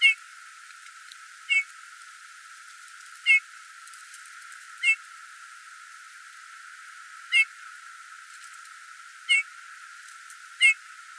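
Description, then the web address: Eurasian bullfinch calls: seven brief, soft whistled notes given at uneven intervals of roughly one and a half to two and a half seconds. "geluid Goudvink"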